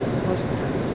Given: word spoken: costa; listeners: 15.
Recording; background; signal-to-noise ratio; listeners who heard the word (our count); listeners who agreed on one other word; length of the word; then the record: one Spanish word in noise, from a listening test; speech-shaped noise; -6.2 dB; 2 of 15; 6 of 15; 0.54 s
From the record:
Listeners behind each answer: 6, 2, 2, 1, 1, 1, 1, 1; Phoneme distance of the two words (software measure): 14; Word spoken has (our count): 2 syllables, 5 phonemes, stress on syllable 1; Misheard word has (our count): 2 syllables, 5 phonemes, stress on syllable 1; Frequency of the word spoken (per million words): 109.05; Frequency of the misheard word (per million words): 0.86